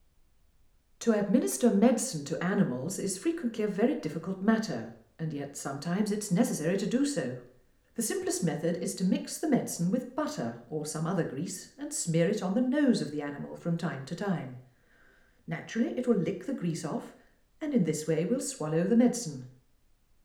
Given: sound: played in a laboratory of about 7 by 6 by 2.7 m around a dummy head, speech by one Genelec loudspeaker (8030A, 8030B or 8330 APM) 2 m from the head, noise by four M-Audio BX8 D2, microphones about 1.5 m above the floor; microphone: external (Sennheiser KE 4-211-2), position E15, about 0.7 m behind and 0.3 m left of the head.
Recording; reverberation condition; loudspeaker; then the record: female speech in English; medium; 150 degrees to the left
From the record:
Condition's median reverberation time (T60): about 510 ms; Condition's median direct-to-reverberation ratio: about -0.5 dB